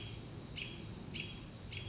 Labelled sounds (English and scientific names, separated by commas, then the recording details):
American Robin (Turdus migratorius)
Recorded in Sonoma County, California